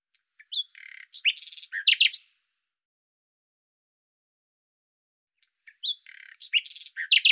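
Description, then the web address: Bird song: two similar phrases about five seconds apart, mixing a rising whistle, buzzy notes and sharp sweeping chirps. "Deverinetal 2025"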